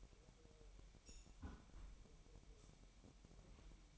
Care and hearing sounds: daily activity, microphone in the room; close fridge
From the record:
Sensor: 1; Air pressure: 1002.0 hPa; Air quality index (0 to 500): 242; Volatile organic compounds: 48 ppm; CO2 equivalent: 3273 ppm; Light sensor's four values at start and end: 8/28/10/11 and 8/28/10/11

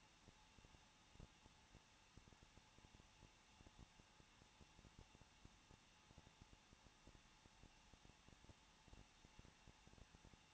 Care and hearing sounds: daily activity, microphone in the room; no activity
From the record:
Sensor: 1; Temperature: 20.1 degrees Celsius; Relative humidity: 39.1%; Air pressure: 1006.3 hPa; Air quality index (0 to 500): 216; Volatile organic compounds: 74 ppm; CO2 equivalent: 3557 ppm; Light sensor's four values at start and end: 1/2/1/1 and 1/2/1/1

